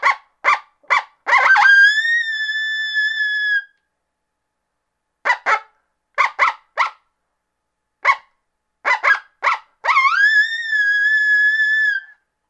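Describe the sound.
Coyote greeting: series of short barking yips, then sustained high howls; yip bursts recur several times with quiet spaces between them.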